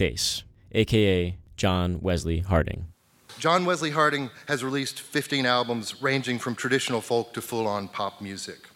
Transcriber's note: from AWP – live introduction of JWH